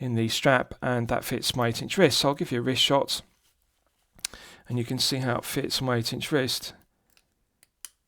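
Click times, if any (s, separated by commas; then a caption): 7.8 s. Someone talks, then the flip-flop clasp of a metal watch bracelet is closed on the wrist, with a few faint ticks before a sharp click at 7.9 s. The clasp clicks shut firmly.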